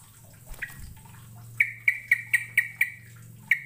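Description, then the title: Bird chirps: a run of six loud, bright, downslurred notes at even quarter-second spacing, followed by one more after a short pause, over a low hum. "Kicau Burung"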